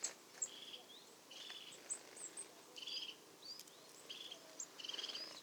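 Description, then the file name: Marsh tit calls: short buzzy notes and thin high notes, repeated throughout over a steady background hiss. "Poecile palustris"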